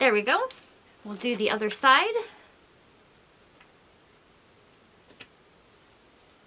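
Someone talks briefly while handling the matching frame piece for the other side of a Clawlab H1 Tufting Kit tufting frame, to be lined up and pushed into its frame slot. After the talking it goes quiet, with only two faint short ticks near 3.6 and 5.2 seconds. Nothing has seated or clicked into place yet.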